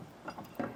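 The removable steel arms of a Blue Ox tow bar base plate are handled at their receivers on the front of a 2019 Chevrolet Traverse SUV, ready for a quarter-turn twist to lock them in place. Brief mechanical, ratchet-like scraping and knocking sounds come at about 0.3 s and again, louder, around 0.6 s. Nothing has seated or clicked into place yet.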